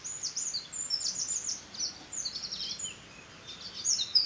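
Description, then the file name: Eurasian wren song: quick, high, scratchy notes and short trills pouring out in uneven bursts, with a steady background hiss throughout. "Troglodytes troglodytes"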